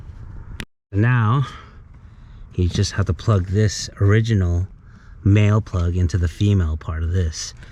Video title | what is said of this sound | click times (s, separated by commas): Tes Studio 8.8 inch Heads Up Display | all right and now I just got to push it in and snap it in you got to hear that snap | 0.6 s